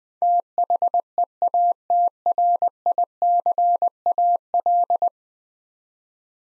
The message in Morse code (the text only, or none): THEATRICAL